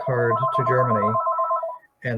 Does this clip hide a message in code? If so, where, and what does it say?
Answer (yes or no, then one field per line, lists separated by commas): no